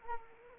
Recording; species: mosquito wingbeat signal from an infrared sensor; Anopheles arabiensis